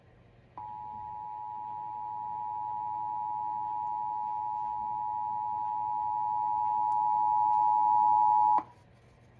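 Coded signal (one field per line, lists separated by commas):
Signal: Emergency Alert System (SAME) tones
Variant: 853 and 960 Hz attention tone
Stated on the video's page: Pennsylvania Required Monthly Test EAS tones as relayed by local TV stations and Comcast cable.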